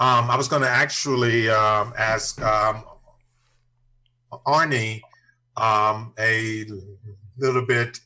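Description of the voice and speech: An adult man speaks a short phrase that stalls midway with a silent block of over a second, then drawn-out filler sounds and a glottal catch before he resumes. These blocks and prolongations are typical of stuttering.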